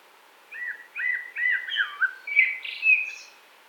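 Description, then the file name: Common blackbird song: a run of mellow fluted notes that rise and dip, ending in higher, squeakier twittering notes. "CHyornyi drozd"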